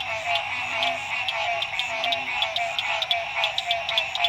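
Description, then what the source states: Frog chorus of fast pulsed rattling calls layered together, continuous throughout, with sharp ticking notes over the top. Frogs recorded at dusk at La Rue PH, Illinois.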